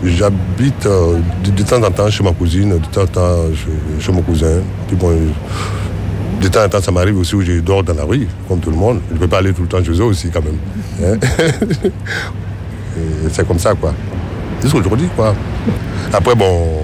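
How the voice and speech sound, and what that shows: A low-pitched 47-year-old man from Côte d'Ivoire speaks French in a steady flow, with a doubled initial consonant, a repeated word ('chez, chez'), and stretched vowels followed by long pauses. This acquired stuttering began after a false accusation, wrongful conviction and imprisonment; he did not speak like this before, and the listener must strain to understand him. Faint street and traffic noise is in the background.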